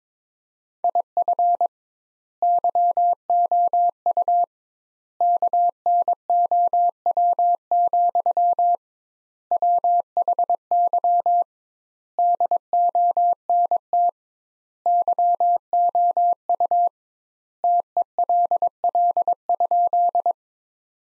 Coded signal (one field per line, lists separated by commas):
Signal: Morse code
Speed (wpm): 22 wpm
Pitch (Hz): 700 Hz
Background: none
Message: IF YOU KNOW, WHY DONT YOU TELL?